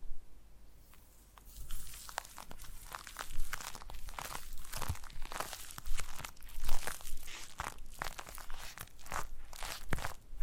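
Foam being massaged and squeezed, making dense, crackly crinkling and squeaky rubbing sounds. After a quiet first second the handling is continuous and irregular, with bright crunchy bursts swelling every second or so, loudest around six to seven seconds. A low steady hum sits underneath.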